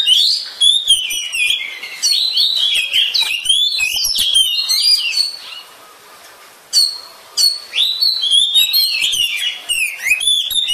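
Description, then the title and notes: Oriental magpie-robin song of rapid, varied chirps and bright whistles in dense bursts, pausing briefly near the middle before resuming with sharp, high notes. "suara kacer. kumpulan suara burung kacer"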